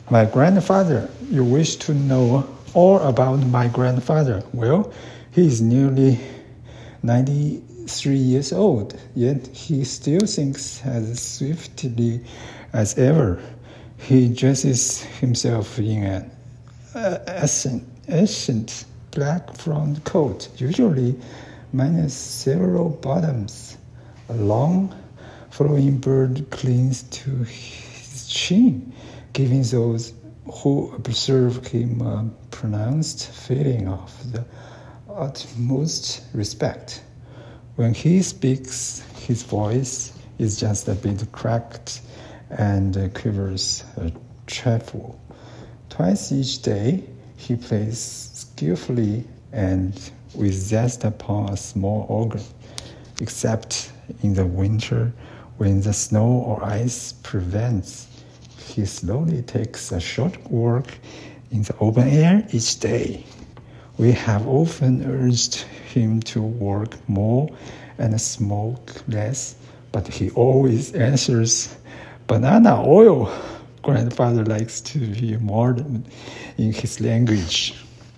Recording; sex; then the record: reading aloud after running; male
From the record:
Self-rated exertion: very light exertion (1 of 6); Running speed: 5 miles an hour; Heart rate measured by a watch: 88 beats a minute at the start, 82 at the end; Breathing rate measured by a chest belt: 16 breaths a minute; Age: 53 years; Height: 181 cm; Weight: 67 kg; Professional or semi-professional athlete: no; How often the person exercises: 3 to 5 times a week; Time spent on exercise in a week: over 5 hours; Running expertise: yes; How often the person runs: 3 to 5 times a week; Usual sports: running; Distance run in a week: 35 km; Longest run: 42.6 km